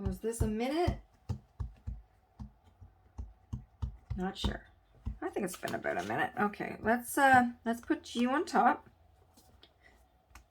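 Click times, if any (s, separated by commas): none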